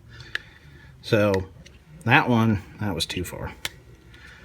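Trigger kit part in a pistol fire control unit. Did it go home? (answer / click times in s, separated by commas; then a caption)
no / none. A trigger kit part in a pistol fire control unit is being handled after it was pushed too far, while someone talks. A sharp tick is heard at about 0.4 s, and a faint longer sound near 4.1 s, but nothing has seated or clicked into place yet.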